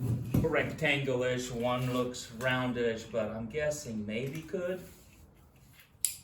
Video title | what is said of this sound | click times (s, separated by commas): Mitsubishi Outlander Charger Cables EV DIY Conversion Prep | oh that feels so good did you guys hear that click | 6.1 s